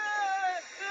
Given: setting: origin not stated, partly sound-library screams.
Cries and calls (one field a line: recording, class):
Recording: one-second piece from a danger detection set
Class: woman in danger